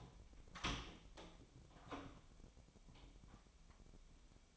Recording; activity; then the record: daily activity, microphone in the room; open door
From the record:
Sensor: 1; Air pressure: 1007.2 hPa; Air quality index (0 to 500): 199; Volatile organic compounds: 20 ppm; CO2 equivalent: 2692 ppm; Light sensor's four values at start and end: 13/32/13/14 and 13/33/13/14